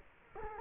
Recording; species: mosquito wingbeat signal from an infrared sensor; Culex quinquefasciatus